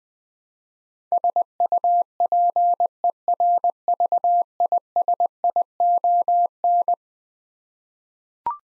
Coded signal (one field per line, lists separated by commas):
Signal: Morse code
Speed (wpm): 21 wpm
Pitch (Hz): 700 Hz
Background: none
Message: SUPERVISION